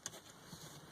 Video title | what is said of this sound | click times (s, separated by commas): Making a Book with a Friend! | And then this just snaps right in. | 0.1 s